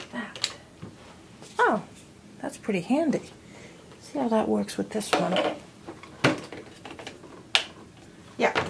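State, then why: Seated. Someone talks while the plastic handheld unit of a DEIK 2-in-1 cordless vacuum cleaner is pushed into the stick vacuum body's pole, with several small knocks and clicks along the way. A sharp, loud click at 7.6 s marks the handheld unit latching into the pole, fully seated.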